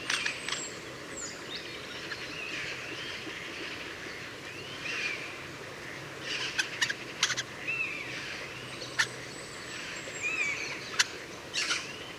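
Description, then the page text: Eurasian jay singing a rambling mix of soft warbled whistles, slurred notes and sharp clicking bursts, irregularly spaced, with steady background hiss throughout. Two Eurasian jays singing, recorded near Leipzig, Germany, in March 2009. "March 2009 Two singing Eurasian Jays Garrulus glandarius, recorded in the vicinity. Eurasian Jay Garrulus glandarius, Leipzig, Germany"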